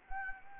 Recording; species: mosquito wingbeat signal from an infrared sensor; Anopheles gambiae